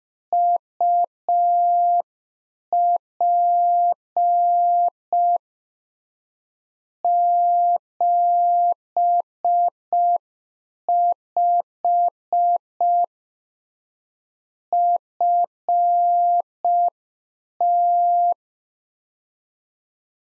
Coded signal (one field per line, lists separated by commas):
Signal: Morse code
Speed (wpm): 5 wpm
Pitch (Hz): 700 Hz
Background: none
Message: UP 75 FT